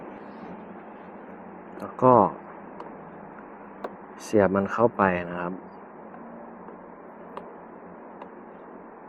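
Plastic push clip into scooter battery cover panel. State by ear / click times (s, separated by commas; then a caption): seated / 7.4 s, 8.2 s. Someone talks while a plastic push-in retainer clip is inserted into the battery cover panel of an X-ADV 750 scooter and pressed in. Short, sharp clicks are heard at 7.4 s and 8.2 s as the clip seats. It ends flush with the panel and locked in place.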